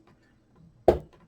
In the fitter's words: that little click, and now it's nice and flush.